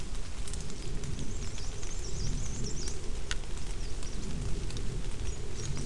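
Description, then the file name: Bird song: a thin, high, wavering whistled phrase for about two seconds early on, then a few faint brief notes later, under steady heavy rain patter and drips. Bird sound mixed with rain. "mixture of bird and rain"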